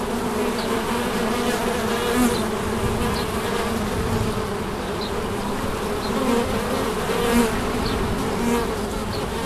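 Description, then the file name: Bee: layered buzzing of many bees that swells slightly in places, with a few louder buzzes standing out over the steady hum. Recorded at St Bonnet on 30 July 2016 with a MiniDisc recorder. "Abeilles St Bonnet le Ch"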